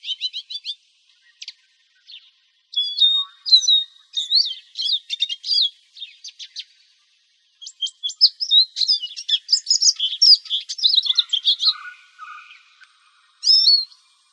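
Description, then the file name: Finch song: bursts of quick high chirps, slurred whistles and buzzy trills in phrases separated by short pauses, with a few lower notes mixed in. "LEGO 2 deviche"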